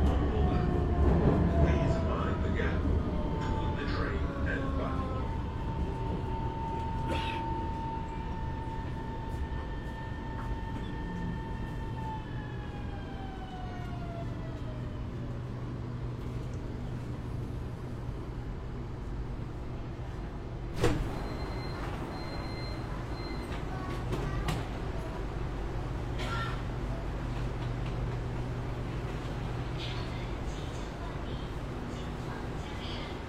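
Inside a Shenzhen metro train, a steady low rumble and hiss of the running carriage and cooling fill the whole clip. Gliding whine tones rise and fall in the first fifteen seconds, faint voices surface early, and a sharp clack lands around twenty-one seconds.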